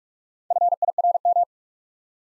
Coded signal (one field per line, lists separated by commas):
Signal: Morse code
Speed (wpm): 44 wpm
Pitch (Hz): 700 Hz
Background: none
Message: FIRM